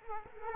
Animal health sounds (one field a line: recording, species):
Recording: mosquito wingbeat signal from an infrared sensor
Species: Culex quinquefasciatus